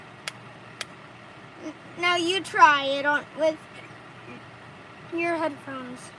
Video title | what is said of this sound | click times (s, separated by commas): Subliminal Locks: the one with the sprained wrist ￼ | till it makes a clicking noise listen | 0.3 s, 0.8 s